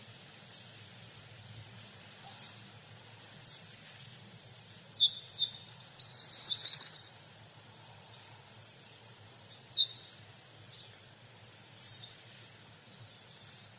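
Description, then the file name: Hawfinch calls: sharp, high ticking notes given about once a second, some dropping slightly in pitch, with a brief cluster of quick calls near the middle. "Frosone"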